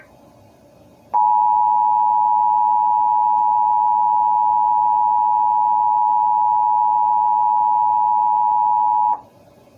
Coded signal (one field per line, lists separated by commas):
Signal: Emergency Alert System (SAME) tones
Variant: 853 and 960 Hz attention tone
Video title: EAS During The Not Too Late Show With Elmo (4-15-23 WHUT-DT2)